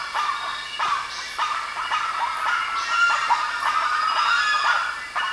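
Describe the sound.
Bird calls, rough harsh notes repeated at intervals over continuous overlapping chatter.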